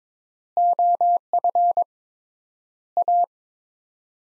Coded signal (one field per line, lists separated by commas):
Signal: Morse code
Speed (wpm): 22 wpm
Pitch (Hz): 700 Hz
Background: none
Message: OF A